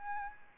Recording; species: mosquito wingbeat signal from an infrared sensor; Aedes albopictus